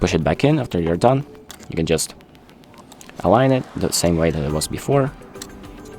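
An SD memory card is lined up the same way it came out and handled at the card slot of a Canon EOS R50 mirrorless camera, ready to be pushed back in. Someone talks over music, with a few faint, short ticks between about 2.3 and 3.1 seconds and one at 5.4 seconds. Nothing has seated or clicked yet; the card is not home by the end of the clip.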